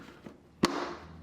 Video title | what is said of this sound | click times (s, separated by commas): How to Replace a Bosch Dishwasher Float, White | Press down firmly until it clicks into place. | 0.7 s